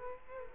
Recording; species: mosquito wingbeat signal from an infrared sensor; Culex quinquefasciatus